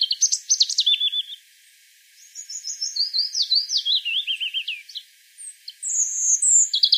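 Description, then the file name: European robin singing several high, liquid phrases that mix fast trills and sliding whistles, with short pauses between them. "Erithacus rubecula"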